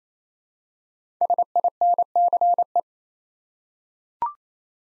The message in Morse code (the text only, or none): SINCE